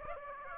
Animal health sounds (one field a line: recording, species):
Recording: mosquito wingbeat signal from an infrared sensor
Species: Aedes aegypti